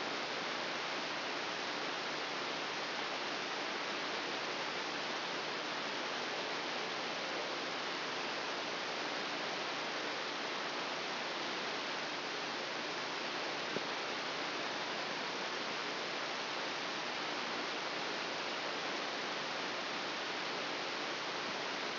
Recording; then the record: brain microelectrode recording played as sound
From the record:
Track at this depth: inside the subthalamic nucleus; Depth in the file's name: 3.308 mm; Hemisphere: left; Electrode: 2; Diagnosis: Parkinson's disease